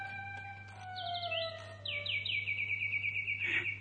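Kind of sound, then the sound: sound effect, wind-up mechanical bird singing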